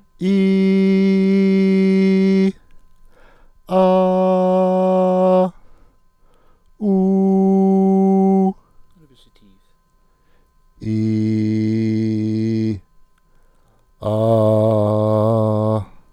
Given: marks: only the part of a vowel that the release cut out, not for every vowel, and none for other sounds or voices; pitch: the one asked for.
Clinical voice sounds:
sustained vowels; male; 40 to 49 years
0.46-2.34 s: vowel /i/, high pitch
3.87-5.29 s: vowel /a/, high pitch
6.93-8.33 s: vowel /u/, high pitch
10.98-12.62 s: vowel /i/, low pitch
14.13-15.67 s: vowel /a/, low pitch
From the record:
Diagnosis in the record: healthy voice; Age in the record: 48 years

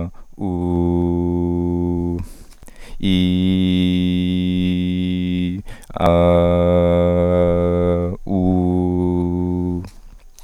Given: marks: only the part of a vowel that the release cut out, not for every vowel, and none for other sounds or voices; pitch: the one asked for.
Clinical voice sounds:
sustained vowels; male; 30 to 39 years
0.46-2.13 s: vowel /u/, low pitch
3.30-5.25 s: vowel /i/, low-high-low pitch
6.10-8.00 s: vowel /a/, low-high-low pitch
8.36-9.74 s: vowel /u/, low-high-low pitch
From the record:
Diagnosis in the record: cluttering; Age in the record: 30 years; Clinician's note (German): Larynx strobosk. o.B.

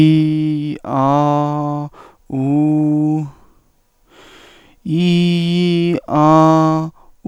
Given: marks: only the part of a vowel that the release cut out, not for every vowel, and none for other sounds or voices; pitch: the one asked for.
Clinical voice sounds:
sustained vowels; male; 20 to 29 years
0.00-0.69 s: vowel /i/, normal pitch
0.97-1.80 s: vowel /a/, normal pitch
2.37-3.17 s: vowel /u/, normal pitch
4.95-5.92 s: vowel /i/, high pitch
6.17-6.80 s: vowel /a/, high pitch
From the record:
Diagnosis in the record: stuttering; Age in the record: 23 years

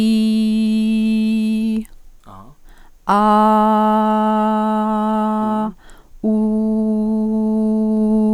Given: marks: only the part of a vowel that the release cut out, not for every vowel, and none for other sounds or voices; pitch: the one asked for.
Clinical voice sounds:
sustained vowels; female; 60 to 69 years
0.00-1.63 s: vowel /i/, normal pitch
3.83-5.32 s: vowel /a/, normal pitch
6.36-8.01 s: vowel /u/, normal pitch
From the record:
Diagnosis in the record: healthy voice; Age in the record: 65 years

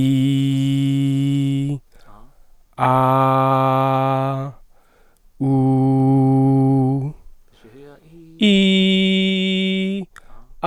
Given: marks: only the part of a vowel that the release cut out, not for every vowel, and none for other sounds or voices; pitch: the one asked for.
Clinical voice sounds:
sustained vowels; male; 30 to 39 years
0.00-1.61 s: vowel /i/, normal pitch
2.91-4.28 s: vowel /a/, normal pitch
5.53-6.92 s: vowel /u/, normal pitch
8.50-9.83 s: vowel /i/, high pitch
From the record:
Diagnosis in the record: singing voice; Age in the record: 31 years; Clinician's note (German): Alte, jetzt kompensierte Dysphonie

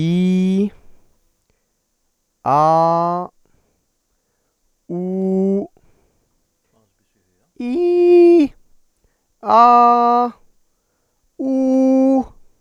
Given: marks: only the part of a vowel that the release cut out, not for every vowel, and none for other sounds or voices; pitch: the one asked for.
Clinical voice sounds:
sustained vowels; male; 40 to 49 years
0.00-0.57 s: vowel /i/, normal pitch
2.54-3.12 s: vowel /a/, normal pitch
4.97-5.55 s: vowel /u/, normal pitch
7.80-8.39 s: vowel /i/, high pitch
9.65-10.21 s: vowel /a/, high pitch
11.50-12.16 s: vowel /u/, high pitch
From the record:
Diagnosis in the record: dysphonia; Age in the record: 41 years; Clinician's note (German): Funktionell

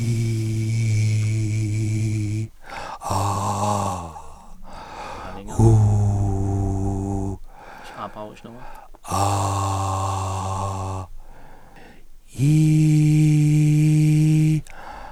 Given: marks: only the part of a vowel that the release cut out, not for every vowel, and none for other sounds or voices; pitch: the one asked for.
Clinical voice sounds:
sustained vowels; male; 40 to 49 years
0.00-1.99 s: vowel /i/, normal pitch
5.68-7.01 s: vowel /u/, normal pitch
9.25-10.81 s: vowel /a/, normal pitch
12.56-14.44 s: vowel /i/, high pitch
From the record:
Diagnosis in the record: recurrent laryngeal nerve paralysis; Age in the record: 47 years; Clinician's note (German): Idiophatische rechts in Intermediärstellung; breite glottische Insuffizienz

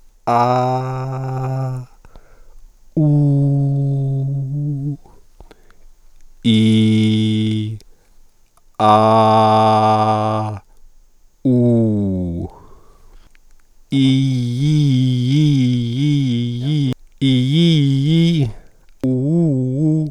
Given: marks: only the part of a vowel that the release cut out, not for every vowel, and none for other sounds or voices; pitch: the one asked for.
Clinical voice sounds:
sustained vowels; male; 50 to 59 years
0.37-1.67 s: vowel /a/, high pitch
3.09-4.72 s: vowel /u/, high pitch
6.55-7.58 s: vowel /i/, low pitch
8.92-10.37 s: vowel /a/, low pitch
11.52-12.30 s: vowel /u/, low pitch
17.28-18.32 s: vowel /i/, low-high-low pitch
19.11-19.96 s: vowel /u/, low-high-low pitch
From the record:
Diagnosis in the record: dysphonia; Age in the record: 52 years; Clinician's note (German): Zustand nach Apoplex mit Sprechapraxie

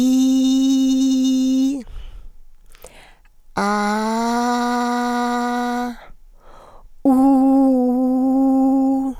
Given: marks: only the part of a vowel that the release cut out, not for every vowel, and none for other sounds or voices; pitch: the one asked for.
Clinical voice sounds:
sustained vowels; female; 70 to 79 years
0.00-1.66 s: vowel /i/, normal pitch
3.94-5.83 s: vowel /a/, normal pitch
7.09-8.98 s: vowel /u/, normal pitch
From the record:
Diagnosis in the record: hyperfunctional dysphonia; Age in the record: 73 years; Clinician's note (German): Leichte Form

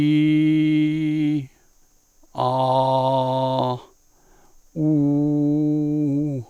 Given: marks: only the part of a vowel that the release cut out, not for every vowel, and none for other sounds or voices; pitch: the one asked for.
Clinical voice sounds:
sustained vowels; male; 60 to 69 years
0.00-1.20 s: vowel /i/, normal pitch
2.49-3.55 s: vowel /a/, normal pitch
4.96-6.30 s: vowel /u/, normal pitch
From the record:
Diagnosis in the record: healthy voice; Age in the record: 65 years

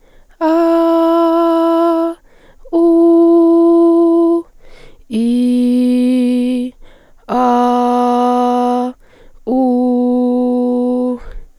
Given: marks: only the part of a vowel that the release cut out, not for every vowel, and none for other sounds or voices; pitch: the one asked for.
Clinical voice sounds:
sustained vowels; female; 18 to 19 years
0.49-2.02 s: vowel /a/, high pitch
5.40-6.55 s: vowel /i/, low pitch
7.42-8.77 s: vowel /a/, low pitch
9.61-11.05 s: vowel /u/, low pitch
From the record:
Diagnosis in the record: healthy voice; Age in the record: 18 years

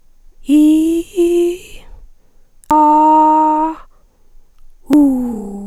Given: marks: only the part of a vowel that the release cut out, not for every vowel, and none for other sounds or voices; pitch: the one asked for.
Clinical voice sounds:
sustained vowels; female; 60 to 69 years
0.53-1.51 s: vowel /i/, low-high-low pitch
2.72-3.63 s: vowel /a/, low-high-low pitch
4.94-5.46 s: vowel /u/, low-high-low pitch
From the record:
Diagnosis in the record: recurrent laryngeal nerve paralysis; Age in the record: 61 years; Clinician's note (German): Links, ohne Kompensation

